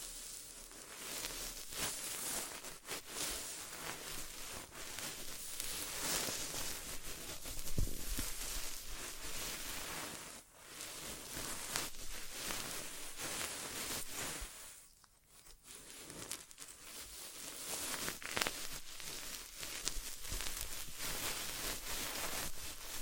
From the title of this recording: ASMR Inner Ear Exam (No Talking)